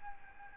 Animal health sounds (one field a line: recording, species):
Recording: mosquito wingbeat signal from an infrared sensor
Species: Aedes albopictus